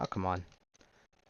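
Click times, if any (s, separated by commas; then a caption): 0.8 s. Someone talks as the plastic arms of a Transformers Age of the Primes Deluxe Class Alchemist Prime action figure are pushed together during transformation. After a brief struggle, a small click is heard at 0.8 s as the arm tabs snap into each other, seating them in place.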